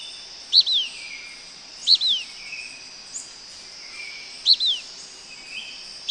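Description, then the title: Blackish pewee calling: a sharp high note slurring into a falling, two-part phrase, repeated irregularly about every one to three seconds over a steady high insect drone. Nominate subspecies Contopus nigrescens nigrescens. "LuckyPassaro Completos2Sama. Blackish Pewee"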